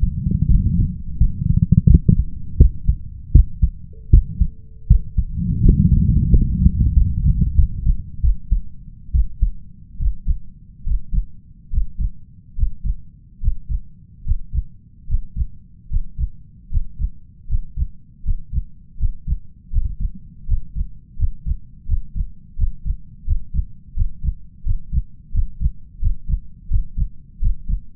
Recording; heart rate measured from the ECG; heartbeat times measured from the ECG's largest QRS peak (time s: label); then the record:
heart sounds by stethoscope; 80 bpm
0.47 s: heartbeat
1.17 s: heartbeat
1.86 s: heartbeat
2.57 s: heartbeat
3.31 s: heartbeat
4.09 s: heartbeat
4.87 s: heartbeat
5.61 s: heartbeat
6.29 s: heartbeat
6.92 s: heartbeat
7.54 s: heartbeat
8.20 s: heartbeat
9.11 s: heartbeat
9.97 s: heartbeat
10.84 s: heartbeat
11.70 s: heartbeat
12.55 s: heartbeat
13.40 s: heartbeat
14.23 s: heartbeat
15.06 s: heartbeat
15.88 s: heartbeat
16.69 s: heartbeat
17.47 s: heartbeat
18.22 s: heartbeat
18.97 s: heartbeat
19.70 s: heartbeat
20.46 s: heartbeat
21.16 s: heartbeat
21.86 s: heartbeat
22.56 s: heartbeat
23.24 s: heartbeat
23.94 s: heartbeat
24.63 s: heartbeat
25.31 s: heartbeat
25.99 s: heartbeat
26.68 s: heartbeat
27.39 s: heartbeat
From the record:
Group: healthy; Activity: rest 0-3 s, breath hold 3-28 s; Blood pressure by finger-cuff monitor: 120/74 mmHg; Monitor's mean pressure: 86 mmHg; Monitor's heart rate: 80 bpm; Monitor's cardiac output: 6.3 L/min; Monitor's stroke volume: 80 mL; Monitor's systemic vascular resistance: 990 dyn s/cm5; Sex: male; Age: 21 years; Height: 180 cm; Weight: 67.5 kg